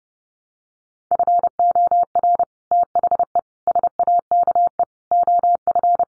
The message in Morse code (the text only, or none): FOR THE SAKE OF